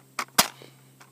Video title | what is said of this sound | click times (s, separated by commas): Can't Get No SATISFACTION - FN SCAR 16S - FN SCAR L Review Video | it just snaps just like that | 0.2 s, 0.4 s